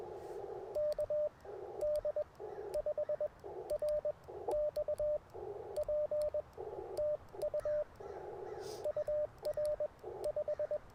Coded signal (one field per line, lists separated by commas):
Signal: Morse code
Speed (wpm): 21 wpm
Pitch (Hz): 600 Hz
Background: radio noise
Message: KD5RXP TU UR 5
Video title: Morning Morse Code at Tuskegee National Forest K-4451 - 11/22/23